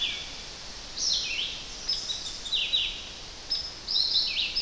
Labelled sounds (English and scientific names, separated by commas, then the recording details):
Red-eyed Vireo (Vireo olivaceus) song
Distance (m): 20 m
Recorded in boreal forest in Alberta, Canada, on 10 June 2016 at 07:44
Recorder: SongMeter 3, array SBT-3-39
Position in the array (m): 196 m, 121 m